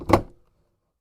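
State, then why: Seated. A 56V battery pack is slid along a charger's track and clicks home at 0.1 s with a short, sharp broadband snap that decays within about 0.3 s. The pack locks into place and the charge indicator shows.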